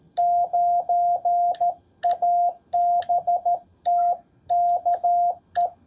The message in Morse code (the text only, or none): 9ABTKE